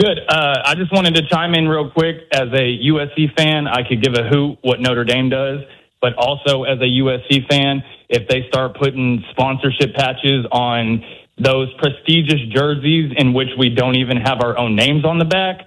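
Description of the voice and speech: Adult man calling in to a radio show, speaking with typical speech.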